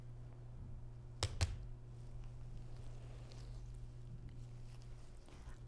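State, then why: Seated. During a naloxone injection demonstration, the plunger of a plastic syringe is pressed fully down into the barrel until it clicks at the end of its travel. A sharp click at 1.2 s, followed closely by a second snap, stands out over a steady low hum, and the plunger is seated.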